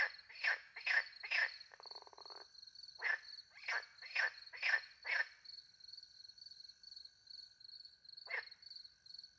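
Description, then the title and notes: Frog calls in a fast burst of harsh croaks, then a pause and a single later croak, with crickets trilling continuously behind. Several frogs with crickets, countryside by night near a little pond, France; microphones hidden in a tree, two Usi pro mics into a Mixpre 10 II recorder. "Frogs and crickets, France. Frogs and crickets in the countryside by night. The microphones were hidden in a tree close to a little pond"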